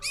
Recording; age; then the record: pig call; weaner (32 to 43 days)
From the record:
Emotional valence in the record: negative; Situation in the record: novel object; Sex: female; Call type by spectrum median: high-frequency call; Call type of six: high-frequency stable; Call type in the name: high-frequency stable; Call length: 0.11 s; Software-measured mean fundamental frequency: 235 Hz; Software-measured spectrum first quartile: 2653 Hz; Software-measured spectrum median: 4623 Hz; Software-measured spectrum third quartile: 6687 Hz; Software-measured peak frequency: 2495 Hz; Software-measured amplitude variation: 105 dB a second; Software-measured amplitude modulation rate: 4.5 a second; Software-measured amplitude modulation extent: 23.3 dB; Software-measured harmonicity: 5.5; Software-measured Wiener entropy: -2.82